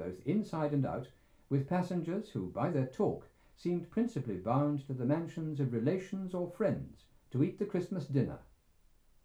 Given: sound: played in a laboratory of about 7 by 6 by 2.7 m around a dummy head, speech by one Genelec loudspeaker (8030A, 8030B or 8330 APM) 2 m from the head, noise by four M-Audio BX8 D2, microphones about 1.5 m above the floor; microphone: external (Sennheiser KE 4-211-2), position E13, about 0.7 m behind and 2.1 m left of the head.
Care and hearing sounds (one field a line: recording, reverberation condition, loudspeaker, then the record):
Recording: male speech in English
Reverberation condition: low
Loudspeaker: 90 degrees to the left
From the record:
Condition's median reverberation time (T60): about 310 ms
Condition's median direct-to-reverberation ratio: about 3.5 dB